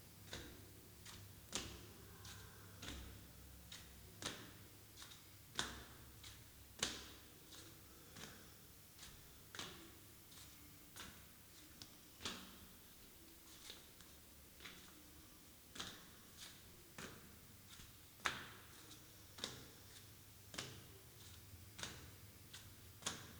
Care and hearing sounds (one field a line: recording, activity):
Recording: daily activity, guitar pickup as the sensor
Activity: go upstairs